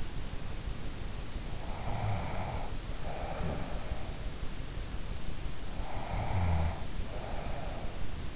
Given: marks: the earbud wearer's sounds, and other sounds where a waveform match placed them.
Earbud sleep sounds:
sounds in sleep by an in-ear microphone; breath
1.51-4.33 s: breath
5.55-8.36 s: breath

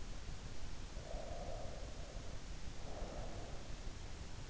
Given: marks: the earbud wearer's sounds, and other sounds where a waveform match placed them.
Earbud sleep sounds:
sounds in sleep by an in-ear microphone; breath
0.80-3.59 s: breath

